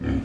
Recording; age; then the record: pig call; growing-finishing pig (85 days or more)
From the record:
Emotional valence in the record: negative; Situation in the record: barren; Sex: female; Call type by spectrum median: low-frequency call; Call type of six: low-frequency stable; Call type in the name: low-frequency stable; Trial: 1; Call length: 0.24 s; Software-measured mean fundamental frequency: 42 Hz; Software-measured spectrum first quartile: 103 Hz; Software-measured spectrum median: 222 Hz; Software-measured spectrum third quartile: 349 Hz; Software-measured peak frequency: 89 Hz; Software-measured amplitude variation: 162 dB a second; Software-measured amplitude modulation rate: 26.7 a second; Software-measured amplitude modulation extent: 6.0 dB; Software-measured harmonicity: -0.3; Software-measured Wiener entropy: -0.70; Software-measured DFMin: 689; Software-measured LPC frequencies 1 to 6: 286, 1703, 2310, 3122, 4685, 6011 Hz